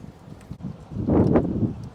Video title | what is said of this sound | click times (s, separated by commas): 2015-2019 GMC/Chevy 2500 Front Wheel Bearing Replacement | clicks right in and then don't forget that red tab push it down so now | 1.4 s